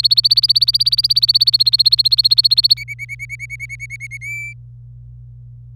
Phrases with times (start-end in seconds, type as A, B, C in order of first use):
0.00-2.74 A, 2.77-4.17 B, 4.21-4.54 C